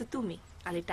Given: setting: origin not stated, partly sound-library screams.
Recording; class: one-second piece from a danger detection set; normal situation